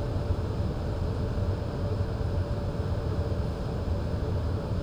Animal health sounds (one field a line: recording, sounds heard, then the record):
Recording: poultry house recording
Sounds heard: no chicken sound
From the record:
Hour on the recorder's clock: 22